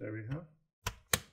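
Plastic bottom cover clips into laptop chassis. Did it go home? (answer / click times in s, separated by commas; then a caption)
yes / 0.9 s, 1.1 s. Someone talks briefly, then the plastic bottom cover of a Lenovo Yoga 520 laptop is pressed down along one side. Two sharp clicks at 0.9 s and 1.1 s are its retaining clips snapping into the chassis, and the cover is seated.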